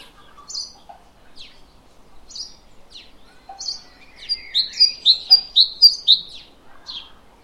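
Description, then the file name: Great tit song: after scattered thin chirps and whistles, a quick run of several high, see-sawing two-note phrases. "Parus major"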